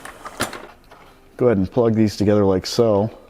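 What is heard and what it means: Two halves of an HID ballast wiring connector are pushed together by hand to join the ballast plug to the fog light bulb harness connector on a 2011-2018 Jeep Grand Cherokee. Faint handling taps come early, around 0.1 s and 0.4 s, and then someone talks from about 1.4 s to the end. The connector is handled but not yet home; nothing has seated or clicked by the end of the clip.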